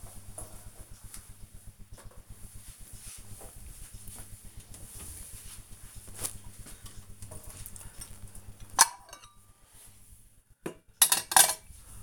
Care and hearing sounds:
household activities, microphone on the right wrist
1.34-12.03 s: putting away the dishes

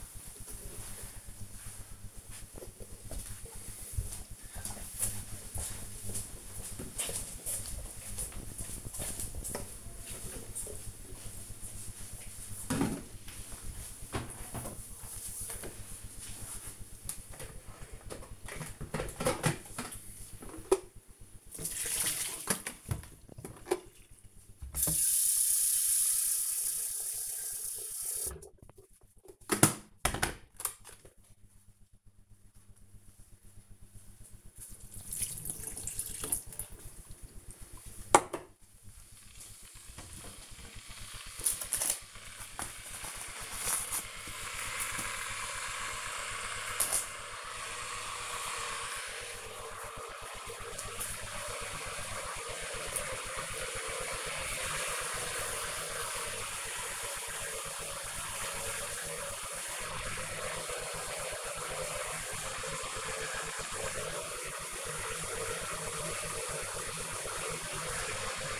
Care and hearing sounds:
household activities, microphone on the right wrist
17.12-68.60 s: making tea

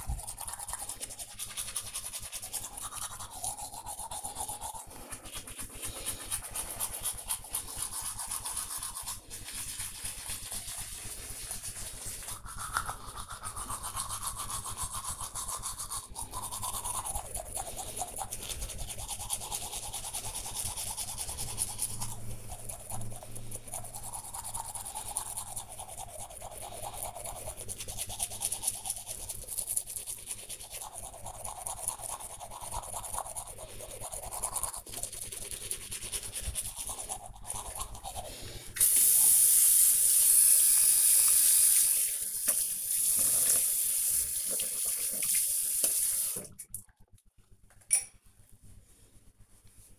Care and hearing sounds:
household activities, microphone on the right wrist
0.00-47.15 s: brushing teeth

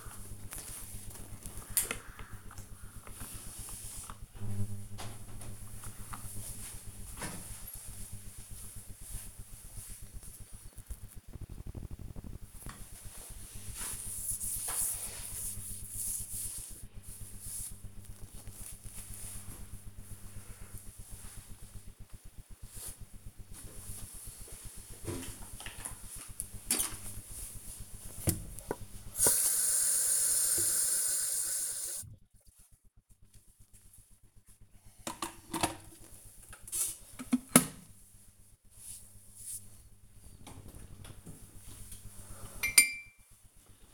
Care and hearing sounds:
household activities, microphone on the right wrist
22.59-43.94 s: making tea

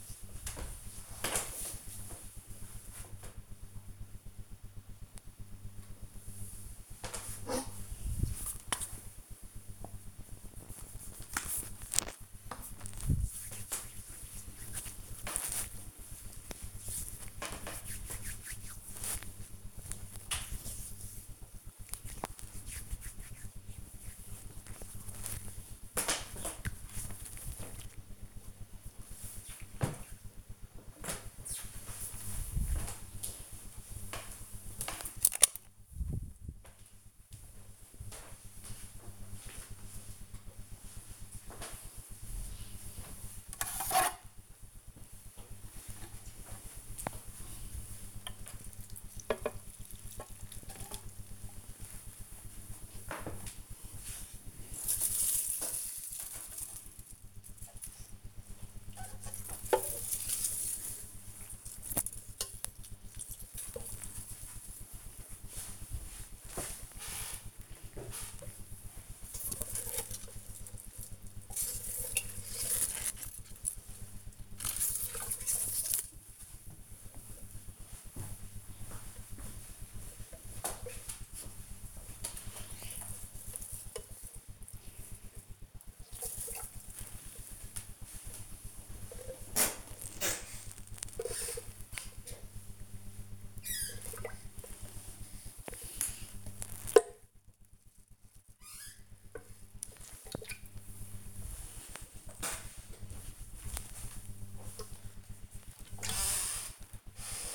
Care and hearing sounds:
household activities, microphone on the right wrist
5.33-26.47 s: cream hands
39.54-107.55 s: watering plant

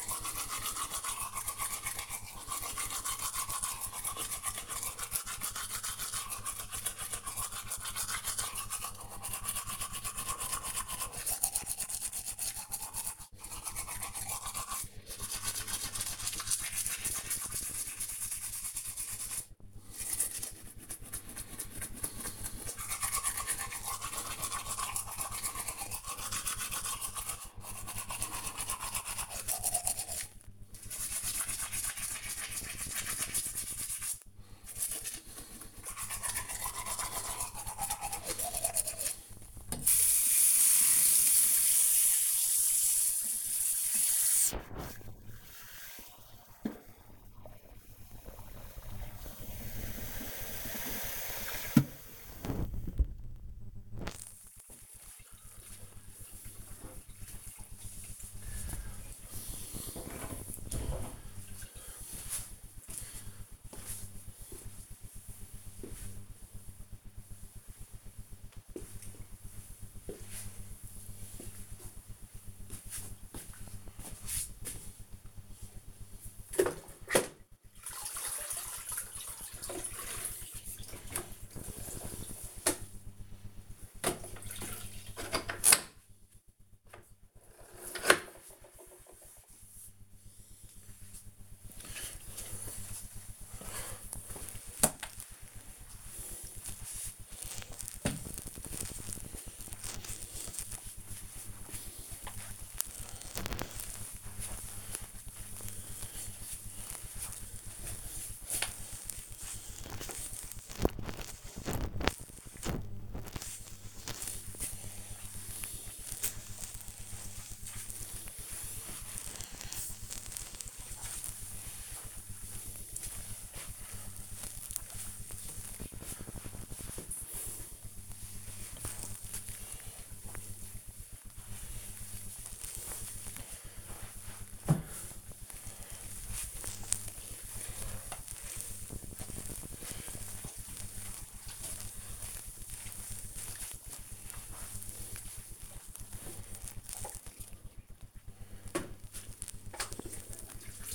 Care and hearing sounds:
household activities, microphone on the right wrist
0.00-53.06 s: brushing teeth
76.20-150.95 s: floor cleaning

